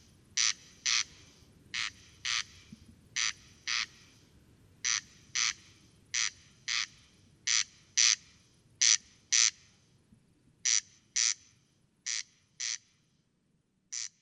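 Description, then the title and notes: Corn crake rasping song, dry double 'crex-crex' notes repeated in pairs roughly every one and a half seconds, over a quiet low background hum. Single singing bird near a peat bog at Col Bayard, Hautes-Alpes, 12 July 2018; sang continuously from 23:00 until dawn; recorded with Nagra Seven and Telinga Pro7 parabola. "Col Bayard - Hautes Alpes. Râle des genêts"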